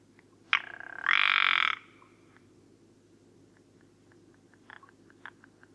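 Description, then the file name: Rock ptarmigan call: a sharp click, then one long grating rattle, followed by faint scattered ticks. Recorded at Karwendelspitze on 6 July 2014. "Alpenschneehuhn. Karwendelspitze. Michle Pron"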